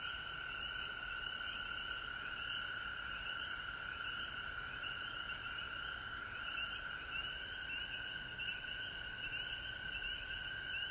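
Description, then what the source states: Many frogs calling together, continuous high-pitched peeping and trilling layered into a steady hum that never pauses. Frogs recorded at home in Georgia on March 19, 2020.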